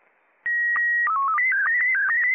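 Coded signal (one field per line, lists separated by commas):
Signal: SSTV (slow-scan television)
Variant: Scottie 1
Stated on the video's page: SSTV from Japan received over Hamsphere.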